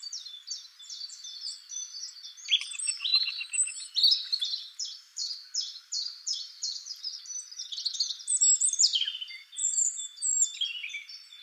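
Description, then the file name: European robin song, a steady stream of high, quick repeated notes and thin whistled slurs, mixed with fast twittering runs throughout. "Erithacus rubecula"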